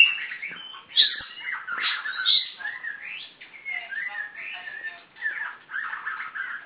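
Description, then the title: Oriental Magpie-robin in full song, a dense warble of rising and falling whistles and scratchy notes delivered without pause. "Kacer"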